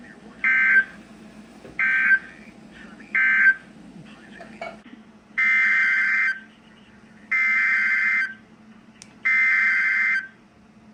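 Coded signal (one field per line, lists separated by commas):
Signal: Emergency Alert System (SAME) tones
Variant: header bursts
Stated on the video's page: Severe thunderstorm watches and warnings and tornado warning from NOAA Weather Radio stations in Fort Worth, Dallas, Waco and Austin, Texas.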